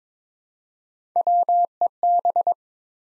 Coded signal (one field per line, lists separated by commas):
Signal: Morse code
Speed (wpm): 22 wpm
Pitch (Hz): 700 Hz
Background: none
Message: WEB